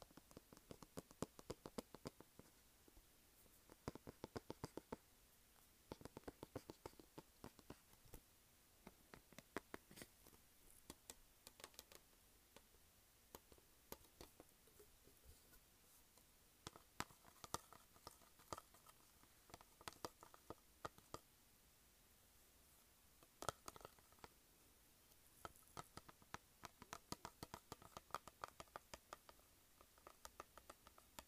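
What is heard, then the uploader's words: Tapping and scratching on a plastic case, heard as quick, sharp clicks that come in irregular bursts across the whole half minute. Busier clusters arrive around the 4–8, 17–21 and 23–30 second marks, with short quieter gaps between, over a faint steady hiss. Tapping and Scratching Plastic Case.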